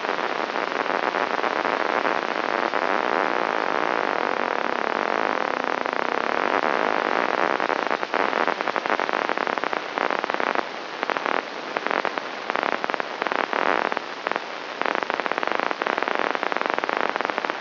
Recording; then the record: brain microelectrode recording played as sound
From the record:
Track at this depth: outside the subthalamic nucleus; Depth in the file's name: 0.515 mm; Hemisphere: left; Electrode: 3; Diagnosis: Parkinson's disease